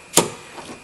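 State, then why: Seated. A door wiring harness plug, fed back through the inside of a 2008 Ford F-150/F-250/F-350 pickup truck door, is pushed into its mating connector. One sharp snap is heard at 0.2 s, followed by faint quieter handling sounds, and the connector is seated before its pin is locked.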